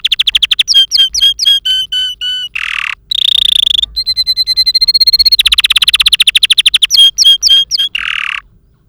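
Canary song, loud and varied: quick sweeping whistles, a harsh rattled tour, a long steady trill, then rapid repeated chips and sweeps in a continuous rolling sequence.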